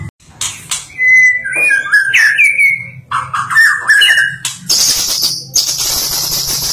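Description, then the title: Bird song of whistled phrases and wavering notes, then a loud high hissing sound, with a low hum behind. Masteran recording used for training songbirds. "Master Burung Jos"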